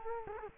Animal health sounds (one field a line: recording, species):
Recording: mosquito wingbeat signal from an infrared sensor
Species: Culex quinquefasciatus